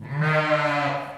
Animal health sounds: contact call of a hoofed animal; sheep; low-frequency (closed-mouth) or high-frequency (open-mouth) call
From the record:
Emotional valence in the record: negative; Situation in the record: short social isolation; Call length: 1.18 s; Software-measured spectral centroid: 1770 Hz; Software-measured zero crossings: 1920 a second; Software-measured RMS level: -23 dBFS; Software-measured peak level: -9 dBFS

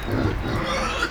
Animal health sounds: contact call of a hoofed animal; wild boar; grunt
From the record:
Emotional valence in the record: negative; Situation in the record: naturally occurring agonistic interactions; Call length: 1.11 s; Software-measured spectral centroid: 2390 Hz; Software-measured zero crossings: 2330 a second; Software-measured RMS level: -24 dBFS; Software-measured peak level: -12 dBFS

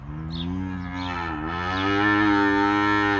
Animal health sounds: contact call of a hoofed animal; cattle; low-frequency (closed-mouth) or high-frequency (open-mouth) call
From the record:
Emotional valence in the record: negative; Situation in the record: full separation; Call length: 3.2 s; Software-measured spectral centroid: 1670 Hz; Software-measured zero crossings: 1870 a second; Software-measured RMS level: -23 dBFS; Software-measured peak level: -9 dBFS

